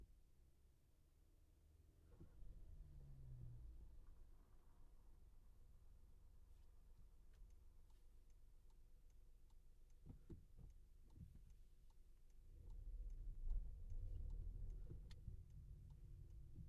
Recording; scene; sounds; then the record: everyday scene through a hearing-aid microphone; in a vehicle; engine, traffic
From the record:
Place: Skoda Fabia, gasoline engine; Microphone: behind the ear, left, rear